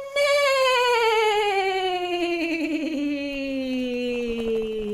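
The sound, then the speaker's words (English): Voices imitate a horse neigh with one long, wavering cry that slides steadily downward in pitch, held loudly for about five seconds without a break. “Can you make a horse sound with me?”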